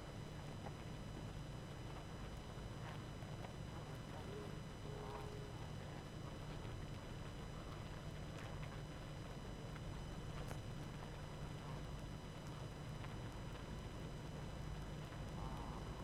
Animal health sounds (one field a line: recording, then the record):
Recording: honeybee colony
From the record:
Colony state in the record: active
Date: 12 June 2018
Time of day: 19:58